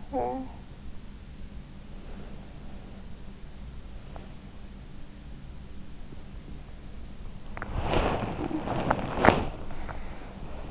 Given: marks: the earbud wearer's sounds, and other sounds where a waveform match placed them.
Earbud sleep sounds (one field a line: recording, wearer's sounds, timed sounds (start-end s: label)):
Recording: sounds in sleep by an in-ear microphone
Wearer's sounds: talking in sleep, body movement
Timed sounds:
0.00-0.71 s: talking in sleep
7.46-10.71 s: body movement